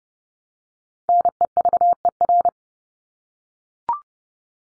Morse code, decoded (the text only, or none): NEVER